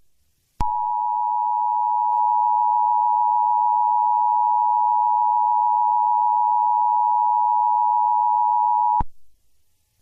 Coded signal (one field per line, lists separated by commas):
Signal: Emergency Alert System (SAME) tones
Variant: 853 and 960 Hz attention tone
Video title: EAS MOCK Hurricane Dexter whole MOCK